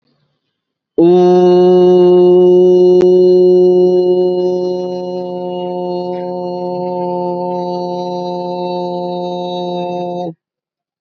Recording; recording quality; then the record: sustained vowel as in boot; excellent, no background noise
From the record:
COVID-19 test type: RT-PCR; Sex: male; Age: 31 years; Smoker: no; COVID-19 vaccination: both doses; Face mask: worn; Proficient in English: yes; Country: India